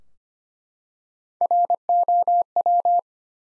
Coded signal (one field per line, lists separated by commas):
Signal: Morse code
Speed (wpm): 25 wpm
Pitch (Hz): 700 Hz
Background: none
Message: ROW